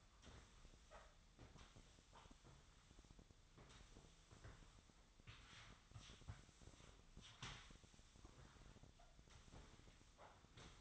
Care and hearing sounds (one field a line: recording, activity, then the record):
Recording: daily activity, microphone in the room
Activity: sweep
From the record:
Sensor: 3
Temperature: 24.4 degrees Celsius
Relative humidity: 34.2%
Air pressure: 1004.7 hPa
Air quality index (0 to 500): 87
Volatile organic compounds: 3 ppm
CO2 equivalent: 1326 ppm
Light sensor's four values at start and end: 7/17/7/6 and 7/17/7/6